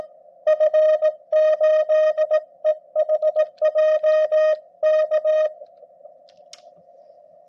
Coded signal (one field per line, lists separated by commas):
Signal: Morse code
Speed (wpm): 17 wpm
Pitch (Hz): 620 Hz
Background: music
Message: F8EHJ K